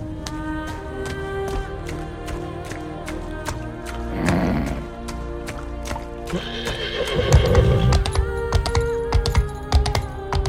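Horse whinnying twice over a steady clatter of regular clicking sounds.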